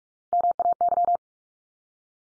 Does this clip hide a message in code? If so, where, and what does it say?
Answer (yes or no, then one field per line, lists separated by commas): yes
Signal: Morse code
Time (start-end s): 0.3-1.2 s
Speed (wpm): 44 wpm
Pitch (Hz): 700 Hz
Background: none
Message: MAY